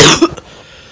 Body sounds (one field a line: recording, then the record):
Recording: coughing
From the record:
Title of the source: Wet coughing